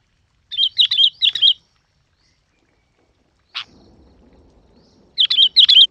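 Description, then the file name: Yellow-vented bulbul delivers a run of bright, bouncing chirps, a sharp click follows with soft low background noise, then more bubbly notes. "Tieng chao mao dit vang"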